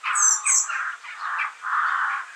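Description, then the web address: Bird calls, harsh squawking notes around mid pitch mixed with thin high chirps near the start, several bursts over two seconds. "musicradar outdoor-samples Birds"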